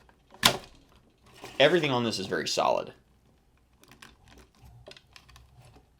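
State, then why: Not seated. An arm part of a plastic transforming robot toy is handled while being moved toward its place in the toy body. A sharp snap comes early, followed by someone talking and then a series of faint, light clicks and taps. Nothing has seated or clicked into place yet.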